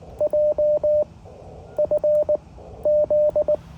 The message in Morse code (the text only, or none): JFZ